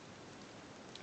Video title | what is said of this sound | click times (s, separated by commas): Takara Tomy Transformers Masterpiece MP-25L Destron Sonic Sapper LoudPedal Review | you hear click and lock in place okay so | 1.0 s